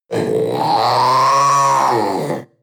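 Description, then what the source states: Panther giving one drawn-out, throaty roar lasting over two seconds, swelling slightly in pitch mid-way and then fading, with no other sounds. Young animal.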